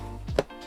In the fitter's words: when you slide it in like this, you hear this click sound, which is really satisfying.